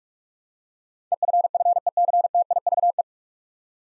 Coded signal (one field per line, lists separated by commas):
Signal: Morse code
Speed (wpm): 44 wpm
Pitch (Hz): 700 Hz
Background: none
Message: EFFECTIVE